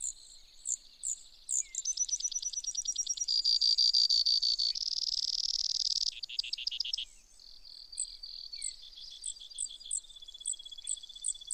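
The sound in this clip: Brewer's sparrow song: a long run of high trills that change pitch and speed, with a steady buzzy stretch in the middle and a few scattered short notes.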